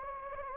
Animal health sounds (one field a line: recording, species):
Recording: mosquito wingbeat signal from an infrared sensor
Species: Anopheles gambiae